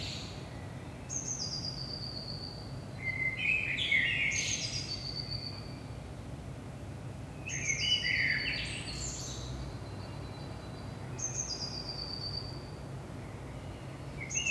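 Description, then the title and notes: Common blackbird singing two mellow warbled phrases about four seconds apart, with high squeaky notes among and between them, over a low continuous hum. Recorded in Saint-Gilles, Belgium, at 5 am in the early morning; DPA 4060 microphones in AB position into a Zoom F3 recorder. "Saint-Gilles, Belgique - 5am Blackbird. Blackbird in the morning. Merle au petit matin"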